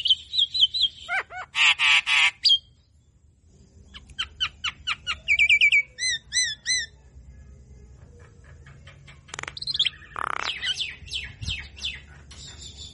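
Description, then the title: Javan myna song with rapid repeated downslurred whistles, harsh buzzy bursts, clicking series and looped whistled notes, broken by brief pauses. Javan myna lure sound used to draw birds, delivered as energetic "mangut mangugut" calling. "Pancingin Dengan Suara Khas Jalak Kebo Gacor Mangut Mangugut"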